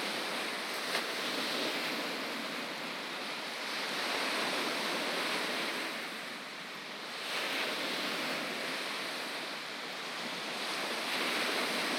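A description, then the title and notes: Waves wash steadily onto a beach, a dense hiss of surf filling the whole clip with no gaps. The sound swells and eases gently, dipping slightly around seven and ten seconds before building again. A faint tick is heard near the first second. Mount Baldhead and Oval Beach Loop (Saugatuck, MI). The ebbing waves of Lake Michigan. This session was recorded with the Zoom F3 and DPA Binaural headset. Classic Michigan beach sounds.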